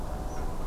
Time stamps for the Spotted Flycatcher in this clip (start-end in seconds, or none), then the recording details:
0.29-0.43. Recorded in France